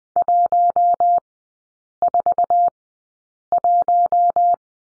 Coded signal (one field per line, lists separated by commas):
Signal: Morse code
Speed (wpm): 20 wpm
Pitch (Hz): 700 Hz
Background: none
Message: 141